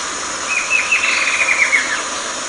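Bird call: a rapid run of short, high chirping notes lasting about a second and a half, over a steady hiss.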